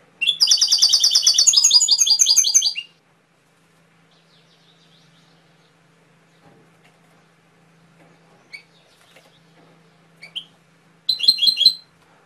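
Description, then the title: Canary song: a bright, rapid buzzy trill of high notes lasting over two seconds, long quiet gap with faint chips, then a brief sharp trilled burst near the end. Canary song for training (masteran), full of isian phrases. "mster Mnuk. Masteran Kenari Full Isian"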